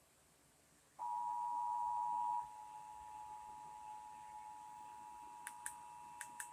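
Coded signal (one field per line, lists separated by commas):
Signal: Emergency Alert System (SAME) tones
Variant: 853 and 960 Hz attention tone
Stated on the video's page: EAS test tones from April 2023.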